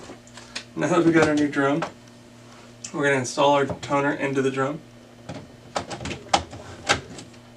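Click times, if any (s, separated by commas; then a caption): 6.3 s. A new toner cartridge is pressed down into the plastic drum unit (DR820) of a Brother HL-L5200 laser printer until it locks. Someone talks, then a few short plastic knocks and clicks follow, with the loudest click at 6.3 s. The cartridge seats in the drum unit.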